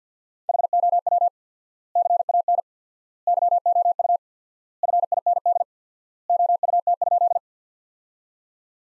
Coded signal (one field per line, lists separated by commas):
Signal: Morse code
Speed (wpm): 50 wpm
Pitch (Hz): 700 Hz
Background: none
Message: HOW CAN YOU FIND OUT?